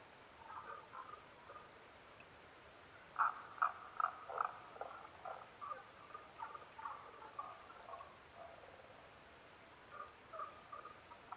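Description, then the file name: Tago's brown frog calls: short croaking notes in rapid series of about two to three per second, with quiet gaps. Recorded 15 May 2011 at 02:19. "tagogaeru-20110515-0219"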